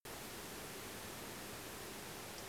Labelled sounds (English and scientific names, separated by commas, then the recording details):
none
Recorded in France